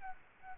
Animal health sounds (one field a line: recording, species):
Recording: mosquito wingbeat signal from an infrared sensor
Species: Aedes albopictus